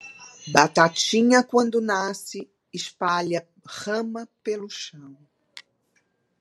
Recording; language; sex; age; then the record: short text; Brazilian Portuguese; female; 40 to 49 years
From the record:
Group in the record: control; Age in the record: 48 years